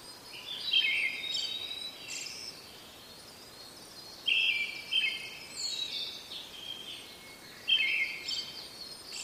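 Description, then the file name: Brown-headed thrush song: three trilled phrases spaced about three and a half seconds apart, with high twittering behind. "akahara"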